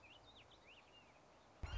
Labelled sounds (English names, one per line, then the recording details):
Red-shouldered Hawk
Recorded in Sonoma County, California